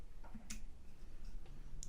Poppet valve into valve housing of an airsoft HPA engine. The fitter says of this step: just slide your poppet valve right back into it you'll hear it click into place